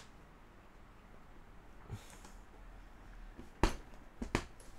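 A plastic Technic part is pressed onto blue and black pins in a beam assembly of a LEGO Technic Formula E Porsche 99X Electric (42137) model. After quiet handling noise, sharp plastic snaps ring out at 3.6 s and 4.4 s, and the part is seated.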